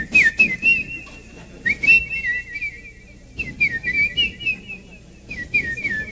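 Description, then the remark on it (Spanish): A person whistles in imitation of a bird, giving three bursts of high, warbling chirps with quick pitch trills and short pauses between them. “Y ahí estaba el pinche pajarito en su ramita de poca madre”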